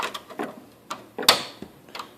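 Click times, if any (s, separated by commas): 1.3 s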